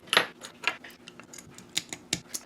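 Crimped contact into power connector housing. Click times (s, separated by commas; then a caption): 2.1 s. A crimped metal contact is pushed from behind with a screwdriver into a plastic power connector housing, with light scraping ticks and a few small clicks along the way. A sharp click at 2.1 s marks the contact latching into the housing, and it is seated.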